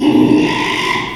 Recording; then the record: squeal of a Yucatan mini pig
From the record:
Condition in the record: after surgery on the right vocal fold (resection and tissue-engineered implant); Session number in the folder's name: 1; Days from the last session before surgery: 6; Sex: male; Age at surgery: 12 weeks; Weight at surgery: 13 kg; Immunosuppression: cyclosporine, prednisolone